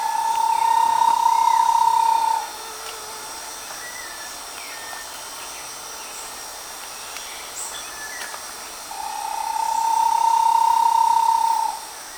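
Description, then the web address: Bahia tapaculo giving two long, level notes several seconds apart. "Bahia tapaculo. صدای-پرنده-تپلک-باهیا"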